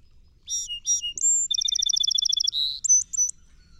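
Song Sparrow delivering its song: two slurred opening notes, a thin whistle, a quick rattling trill, a buzzy note and three brief high notes.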